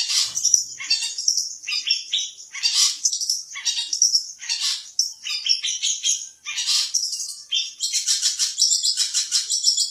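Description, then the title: Long-tailed shrike song, a dense run of varied high chirps, harsh scratchy phrases and brief whistles that barely pause over ten seconds. "Cendet"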